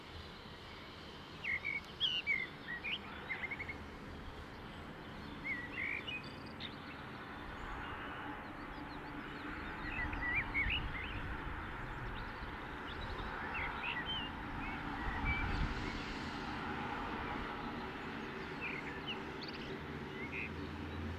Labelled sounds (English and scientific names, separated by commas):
Common Blackbird (Turdus merula)